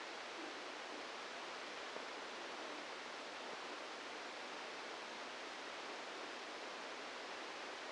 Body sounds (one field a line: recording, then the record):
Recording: brain microelectrode recording played as sound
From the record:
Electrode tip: inside the subthalamic nucleus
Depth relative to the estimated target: 1 mm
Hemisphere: left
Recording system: NeuroSet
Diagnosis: Parkinson's disease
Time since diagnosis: 27 years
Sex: male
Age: 62 years